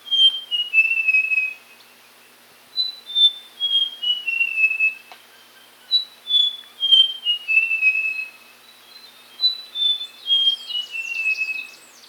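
Papuan logrunner singing four phrases of loud whistles, each sliding downward note by note, with a faint twittering bird near the end.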